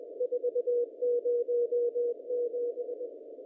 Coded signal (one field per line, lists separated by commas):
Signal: Morse code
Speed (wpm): 20 wpm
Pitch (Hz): 480 Hz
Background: none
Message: 407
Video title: AO-7 (A MODE) MORSE CODE TELEMETRY